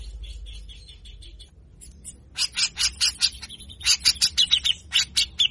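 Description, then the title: Grey-cheeked bulbul singing rough, buzzy chattering notes in fast uneven runs after a short quiet spell, with a faint steady hum underneath. Training song for songbird keepers: harsh 'besetan kasar' song, meant to get a cucak jenggot to sing readily (gacor). "MASTERAN CUCAK JENGGOT GACOR FULL BESETAN KASAR. Jenggot Bahan Cepat Gacor hanya Dengar Besetanya"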